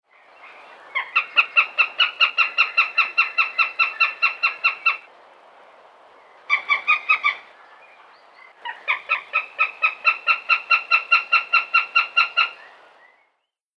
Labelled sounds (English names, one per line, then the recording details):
Northern Goshawk
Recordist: Tembrock, Günter
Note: Rufreihen